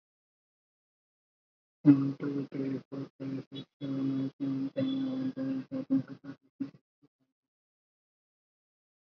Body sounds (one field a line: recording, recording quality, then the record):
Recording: counting at a fast pace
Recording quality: poor, much background noise or distortion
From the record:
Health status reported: COVID-19 positive, mild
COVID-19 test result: positive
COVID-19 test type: RT-PCR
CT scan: not taken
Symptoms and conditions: cough, sore throat, fever, fatigue, muscle pain, loss of smell and taste, asthma, hypertension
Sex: male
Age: 30 years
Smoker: yes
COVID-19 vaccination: both doses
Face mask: worn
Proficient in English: yes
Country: India